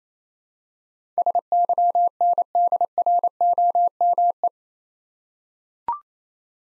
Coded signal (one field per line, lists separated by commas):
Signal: Morse code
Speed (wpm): 29 wpm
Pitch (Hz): 700 Hz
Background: none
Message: SYNDROME